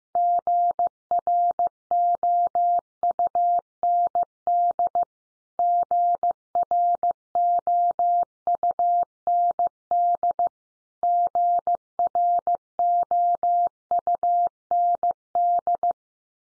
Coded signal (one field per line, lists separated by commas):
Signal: Morse code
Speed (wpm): 15 wpm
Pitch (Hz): 700 Hz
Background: none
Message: GROUND GROUND GROUND